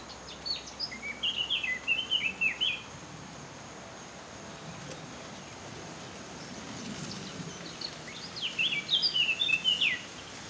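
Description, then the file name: Eurasian blackcap song: a quick, varied warbling phrase of about two seconds near the start, then a similar burst near the end, over steady background hiss. "Sylvia atricapilla"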